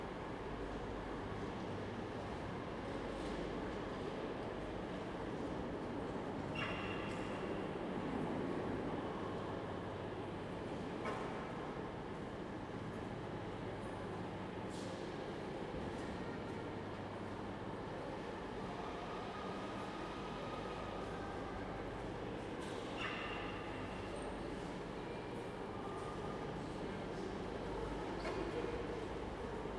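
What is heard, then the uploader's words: Ambience inside a busy railway station: a steady, dense wash of low rumble and murmur, likely from idling trains. Sharp metallic clanks ring out every few seconds, around 7, 11, 15, 23 and 28 seconds, over a constant hum. All recorded at Newcastle's Central Station.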